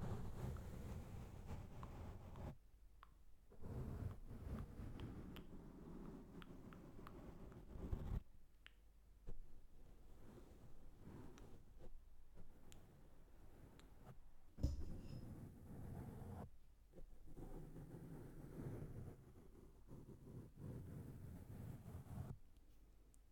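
Brushes are rubbed across a microphone in several separate passes, each a dense, rumbling scratch heavy in the lows, broken by short silent gaps near 2, 8, 16 and 22 seconds. Small clicks and taps appear throughout, with a sharp knock around 15 seconds.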